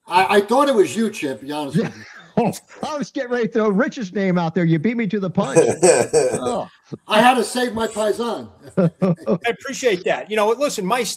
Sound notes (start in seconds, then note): 5.4 laughs; 8.6 laughs